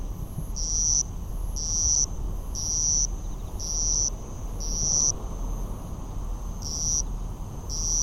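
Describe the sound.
Madara-suzu cricket singing, short high, thin trills of about half a second repeated roughly once a second, over a steady low rumble.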